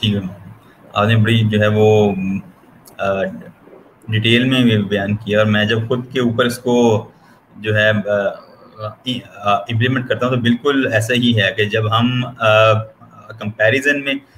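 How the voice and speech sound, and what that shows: Adult man who stammers, still stammering as he speaks Hindi-Urdu, with drawn-out word endings and long silent breaks, consistent with a mild stammer.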